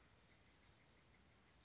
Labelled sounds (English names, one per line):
Oak Titmouse